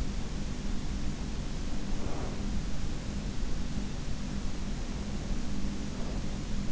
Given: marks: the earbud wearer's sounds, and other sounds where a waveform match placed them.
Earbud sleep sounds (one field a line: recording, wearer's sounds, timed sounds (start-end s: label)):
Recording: sounds in sleep by an in-ear microphone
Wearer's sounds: breath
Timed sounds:
1.33-2.71 s: breath
5.09-6.72 s: breath